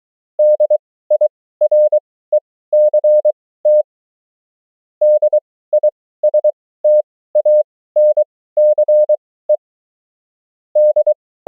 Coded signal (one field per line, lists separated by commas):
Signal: Morse code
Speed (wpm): 23 wpm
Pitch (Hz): 600 Hz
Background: none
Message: DIRECT DISTANCE D